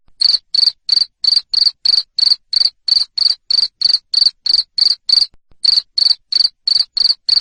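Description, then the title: Loud cricket chirps, each a short high buzzy pulse, repeated evenly about three times a second with a single brief break. Loud cricket chirping played to stimulate lovebirds to keep singing (ngekek). "Suara JANGKRIK NGERIK Keras Bikin LOVEBIRD Jadi NGEKEK Terus Vubey"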